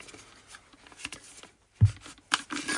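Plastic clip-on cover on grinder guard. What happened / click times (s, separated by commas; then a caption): The plastic tab released and the clip-on cover came free / 2.3 s. A plastic clip-on cover on the guard of a Lidl Parkside Performance grinder is released by pulling its tab, and the part slides off. Light handling taps are followed by a dull low thump around 1.8 s and a sharp click at 2.3 s as the cover releases.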